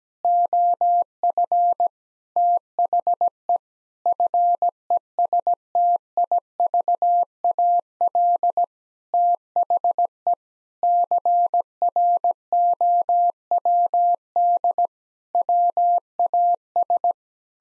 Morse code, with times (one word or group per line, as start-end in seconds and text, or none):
0.2-1.9 OF
2.4-3.6 THE
4.1-8.6 FESTIVAL
9.1-10.3 THE
10.8-14.9 CROWD
15.3-17.1 WAS